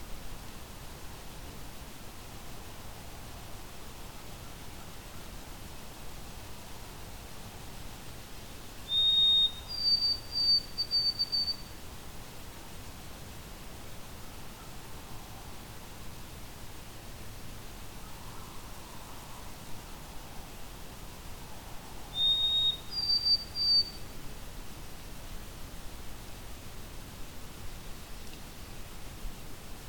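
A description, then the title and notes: A summer's day at Fletcher Creek Ecological Preserve: a steady soft hiss, broken twice by a thin, high bird song, around nine and twenty-two seconds. White-throated Sparrow. A summer's day at Fletcher Creek Ecological Preserve in Flamborough, Ontario.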